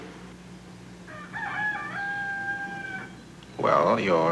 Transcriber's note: soundbite of rooster